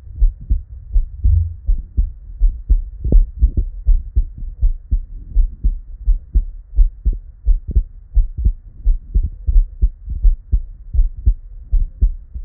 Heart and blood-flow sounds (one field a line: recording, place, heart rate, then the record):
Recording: heart sounds by stethoscope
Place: Erb's point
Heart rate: 80 bpm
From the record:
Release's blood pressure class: normal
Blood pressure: 104/61 mmHg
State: at rest